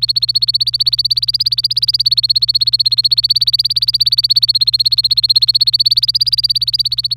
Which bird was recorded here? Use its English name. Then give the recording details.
Domestic Canary. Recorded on 26 April 2018 at 12:17. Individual llb3